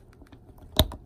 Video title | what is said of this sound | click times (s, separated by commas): Burtman Industries Sprint Booster for Lamborghinis. Plug designs for different years! | you hear the click and then it pops right out there's actually a spring Lo loaded mechanism | 0.8 s